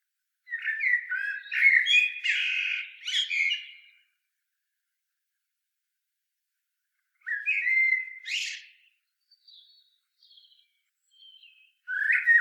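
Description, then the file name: Common blackbird song: a long low warbled phrase ending in a squeaky twitter, a shorter phrase after a pause, faint high notes, then a new phrase starting. "Turdus merula"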